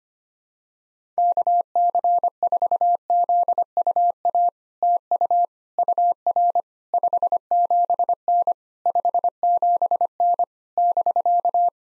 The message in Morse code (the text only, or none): KC4ZUA TU UR 57N 57N <BK>